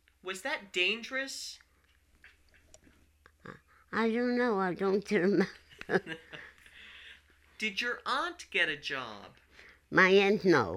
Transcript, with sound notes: Was that dangerous?
I don't know. I don't remember. ( they laugh )
Did your aunt get a job?
My aunt, no.